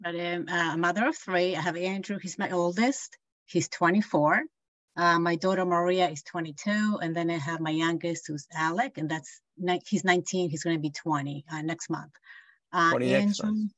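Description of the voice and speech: An adult woman, a mother, speaking with typical, fluent speech. She does not stutter.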